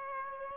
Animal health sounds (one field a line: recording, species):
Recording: mosquito wingbeat signal from an infrared sensor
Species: Aedes aegypti